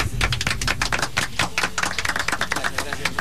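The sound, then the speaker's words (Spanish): An audience breaks into steady applause welcoming the next guests, dense overlapping claps crackling at an even level for about three seconds with no one speaking over it. “Le vamos a recibir con un fuerte aplauso.”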